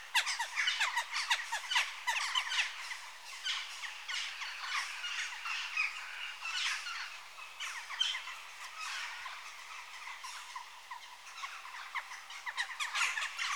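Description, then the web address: Western jackdaws chattering, a rapid stream of clipped, harsh calls from several birds, loudest at the start and again toward the end. Adult birds. "BBC Sound Effects Library Birds Jackdaw (Corvus Monedula) Adults"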